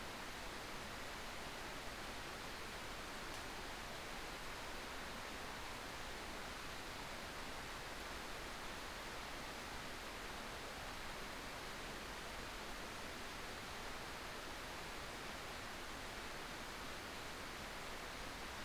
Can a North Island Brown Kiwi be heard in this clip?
no